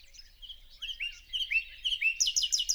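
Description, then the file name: Common nightingale, a short varied phrase of whistled notes building into a rapid series of loud repeated notes, over a faint low hum. "Luscinia megarhynchos"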